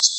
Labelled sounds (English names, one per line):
Common Yellowthroat flight call